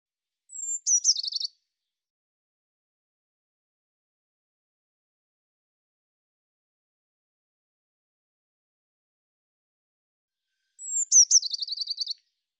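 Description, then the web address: Eurasian blue tit calling twice, about ten seconds apart: a thin, high descending note running into a rapid buzzy churr. "cianscape birddata Deverinetal 2025 File cleaned normalized Bird Cy Ca"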